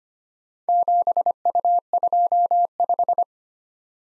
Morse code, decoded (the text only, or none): 7U25